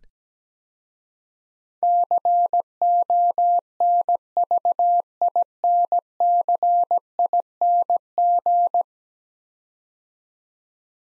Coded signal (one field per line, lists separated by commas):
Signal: Morse code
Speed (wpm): 17 wpm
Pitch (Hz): 700 Hz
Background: none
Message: CONVINCING